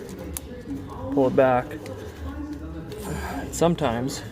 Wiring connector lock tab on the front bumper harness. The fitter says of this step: You hear it click,